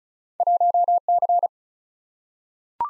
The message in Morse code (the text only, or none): 1C